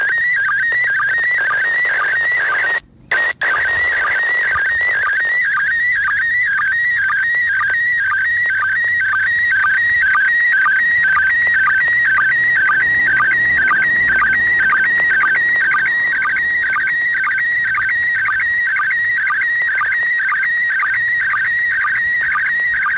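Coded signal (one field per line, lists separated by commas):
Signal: SSTV (slow-scan television)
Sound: warbling tone shifting pitch with rhythmic low blips, steady throughout, brief dropout early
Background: radio static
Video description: รับสัญญานเสียงในระบบ SSTV เพื่อถอดรหัสเป็นภาพจากสถานีอวกาศ RS0ISS ด้วยวิทยุ นิดมือถือ รุ่น PILOT 144H สายอากาศ 10 ท่อน ความถี่ 145.8000 MHz. และถอดสัญญานภาพ ด้วยโปรแกรม Robot36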